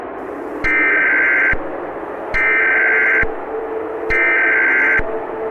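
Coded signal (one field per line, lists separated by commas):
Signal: Emergency Alert System (SAME) tones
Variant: header bursts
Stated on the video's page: Fictional EAS scenario, analog horror.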